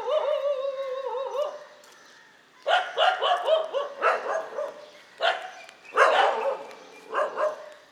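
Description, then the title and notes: Dog gives a wavering, drawn-out howl, then repeated sharp barks in uneven bursts. Several dogs barking together, a dog concert, in morning street ambience on Mission Street, MG Road Area, Puducherry, India. "WRMJ+487, Mission St, MG Road Area, Puducherry, 605001, Inde - Concert de chiens. Ambiance matinale sur Mission Street - Concert de chiens. Prise de sons : JF CAVRO"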